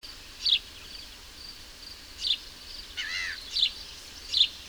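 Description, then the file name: House sparrow giving four short, sharp chirps with a brief wavering call between the second and third, over continuous background hiss. "Passer domesticus"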